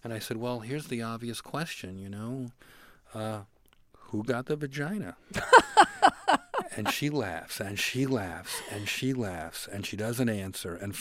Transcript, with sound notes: And I said, well, here's the obvious question. You know, who got the vagina?
(Laughter).
And she laughs and she laughs and she laughs. And she doesn't answer.